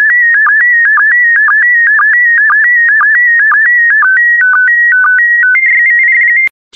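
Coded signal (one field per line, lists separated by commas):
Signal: SSTV (slow-scan television)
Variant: PD120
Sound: warbling tone sequence with dips, steady header tones, then a short burst of scanning buzz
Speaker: the next image transmission will start in 10 seconds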